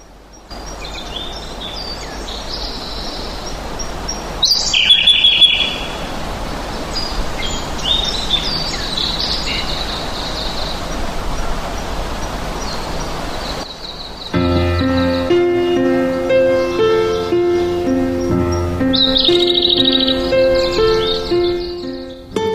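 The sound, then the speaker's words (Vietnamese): Birdsong in open fields: high, bright chirps and short trills repeat over a steady rustling background, growing fuller and more tonal in the second half, with no voices. “Những cánh đồng ấy không mang cái từ green trong tên, nhưng lại có màu xanh cho đôi mắt ngắm và tiếng chim hót cho đôi tai nghe.”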